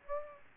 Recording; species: mosquito wingbeat signal from an infrared sensor; Aedes aegypti